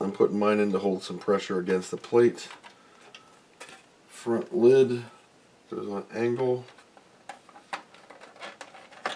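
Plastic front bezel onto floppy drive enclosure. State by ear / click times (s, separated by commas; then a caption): seated / 9.1 s. The plastic front lid of a Commodore CBM 1581 3.5-inch floppy drive case is put on at an angle and pressed onto the case. Someone talks over the first part, then a few light plastic ticks follow. A sharp snap at 9.1 s is the lid locking into place.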